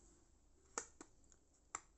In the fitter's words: there you go clicked in position